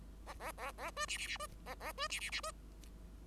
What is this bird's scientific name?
Lonchura striata domestica